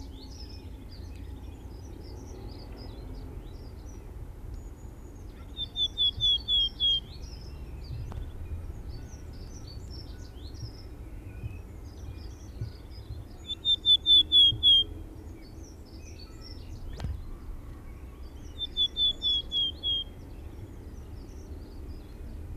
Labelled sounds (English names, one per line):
Willow Tit song